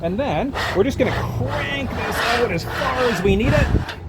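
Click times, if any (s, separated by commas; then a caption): none. A metal stowable loading ramp is handled into its mount in the bed of a 2020 Ford F-150 pickup truck after the retaining pin has been pulled, while someone talks over faint background noise. Nothing has seated or clicked yet; the clip ends just before the ramp locks into place.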